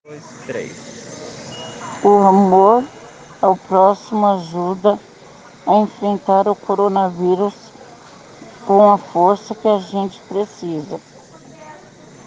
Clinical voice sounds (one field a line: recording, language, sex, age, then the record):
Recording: spoken sentence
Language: Brazilian Portuguese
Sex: female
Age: 40 to 49 years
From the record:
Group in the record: respiratory insufficiency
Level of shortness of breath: 5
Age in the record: 44 years